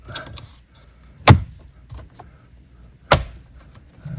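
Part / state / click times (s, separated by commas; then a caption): plastic dash trim piece into car dashboard / seated / 1.3 s, 3.1 s. A plastic trim piece is pushed into the dashboard of a GR Corolla, with faint handling noises between two loud, sharp snaps at 1.3 s and 3.1 s. The trim piece snaps in and is seated.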